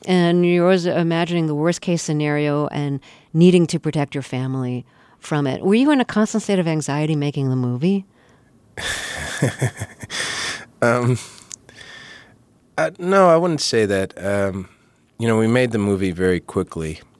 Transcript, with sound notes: and you're always imagining the worst-case scenario and needing to protect your family from it. Were you in a constant state of anxiety making the movie?
(SOUNDBITE OF LAUGHTER)
No, I wouldn't say that. You know, we made the movie very quickly.